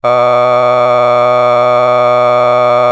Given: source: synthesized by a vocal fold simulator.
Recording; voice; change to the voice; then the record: sustained vowel; male; a random mix of aspiration noise, stiffness perturbation and strain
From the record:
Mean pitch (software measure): 123 Hz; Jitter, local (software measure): 1.12%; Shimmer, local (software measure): 4.7%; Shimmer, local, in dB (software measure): 0.41 dB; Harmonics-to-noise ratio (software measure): 16.5 dB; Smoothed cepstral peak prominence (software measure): 19.4 dB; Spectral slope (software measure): -14.9 dB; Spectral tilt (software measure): -10.5 dB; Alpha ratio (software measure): -5.4 dB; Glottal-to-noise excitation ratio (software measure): 0.985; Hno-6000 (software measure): 2.1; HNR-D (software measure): 27.4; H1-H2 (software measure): 1.8 dB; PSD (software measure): 1.1e-04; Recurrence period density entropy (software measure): 0.111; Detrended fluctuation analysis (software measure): 0.0318